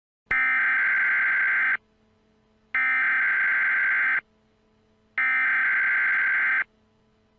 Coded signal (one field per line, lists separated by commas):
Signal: Emergency Alert System (SAME) tones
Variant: header bursts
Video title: Eas Scenario #2 The Great Florida Algae Bloom (Part 1)